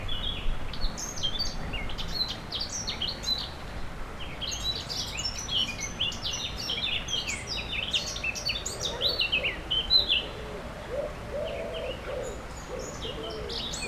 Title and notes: 3 Rue des Pélicans, 73100 Aix-les-Bains, France - Fauvettes. Près du Sierroz allée Marcel Mailly , les fauvettes sont sans concurrence à cette époque , le niveau du Sierroz est très bas